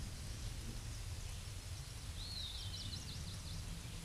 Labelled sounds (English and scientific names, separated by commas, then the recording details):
Eastern Wood-Pewee (Contopus virens) song
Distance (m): 20 m
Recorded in a Pennsylvania forest on 18 May 2023 at 13:31
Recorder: AudioMoth, point grid1_40_low
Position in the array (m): 141 m, 189 m